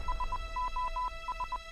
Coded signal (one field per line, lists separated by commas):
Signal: Morse code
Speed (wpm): 20 wpm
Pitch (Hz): 1000 Hz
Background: music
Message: SOS